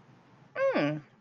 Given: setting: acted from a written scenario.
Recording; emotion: vocal sound without words; realization